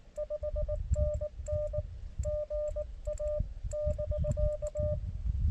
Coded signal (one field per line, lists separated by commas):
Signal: Morse code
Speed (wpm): 19 wpm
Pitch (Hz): 1200 Hz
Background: none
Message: 5NN GA <BK>